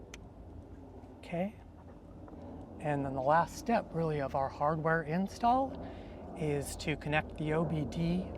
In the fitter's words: okay and that'll snap right into place